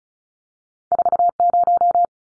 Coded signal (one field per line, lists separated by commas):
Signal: Morse code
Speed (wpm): 36 wpm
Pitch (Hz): 700 Hz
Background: none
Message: 40